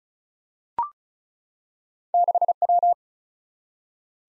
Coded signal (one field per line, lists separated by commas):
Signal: Morse code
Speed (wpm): 36 wpm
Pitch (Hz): 700 Hz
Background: none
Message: 6W